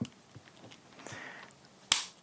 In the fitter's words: There we go. And it snaps right into place.